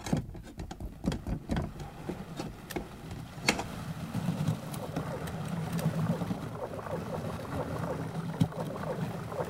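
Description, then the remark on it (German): A submarine's ballast tanks flood with water as it dives below the surface with its engine stopped: a few sharp metallic clicks and knocks give way to a steady, low, gurgling rush of water with a deep rumble underneath. “Tank, fluten.”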